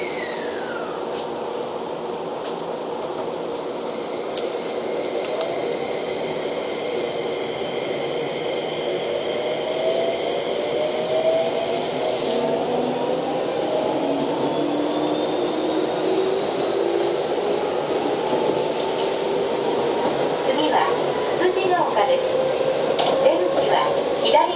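A Keio 5000 series train in motion, with a steady, dense rumble throughout. Motor whines glide slowly in pitch, low and high tones shifting together, and the sound grows slightly louder toward the end, with brief clicks around 21 seconds.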